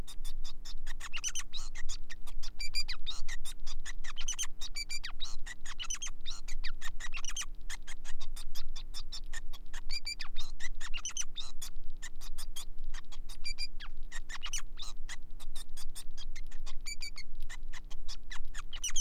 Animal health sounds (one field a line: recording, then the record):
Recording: song of a male Bengalese finch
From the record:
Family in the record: son of father 5